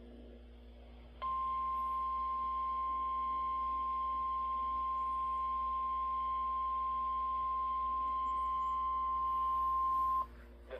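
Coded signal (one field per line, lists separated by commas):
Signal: Emergency Alert System (SAME) tones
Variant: 1050 Hz attention tone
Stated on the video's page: Real severe weather EAS alerts received in central Ohio, including Franklin County.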